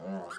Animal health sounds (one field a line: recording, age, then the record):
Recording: pig call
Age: piglet (1 to 25 days)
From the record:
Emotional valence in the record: negative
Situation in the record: long isolation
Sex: female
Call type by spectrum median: low-frequency call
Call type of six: mixed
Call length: 0.38 s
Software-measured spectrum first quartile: 249 Hz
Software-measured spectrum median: 564 Hz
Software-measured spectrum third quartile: 1130 Hz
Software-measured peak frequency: 577 Hz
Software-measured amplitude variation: 92 dB a second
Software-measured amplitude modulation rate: 15.6 a second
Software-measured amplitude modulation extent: 5.9 dB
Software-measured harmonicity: 3.5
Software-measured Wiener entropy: -0.51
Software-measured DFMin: 850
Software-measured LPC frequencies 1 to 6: 559, 1428, 3086, 4368, 4932, 6986 Hz